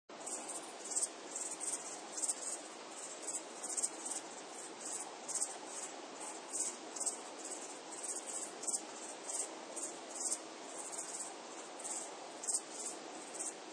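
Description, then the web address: Crickets chirping, a dense high-pitched pulsing trill with rapid rhythmic bursts over a steady hiss. "SFXSource AOS Crickets"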